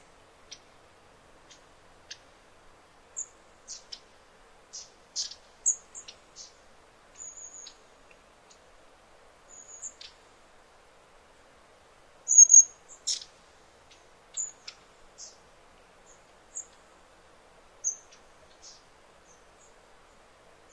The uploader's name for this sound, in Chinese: 林薮呖呖·极静深野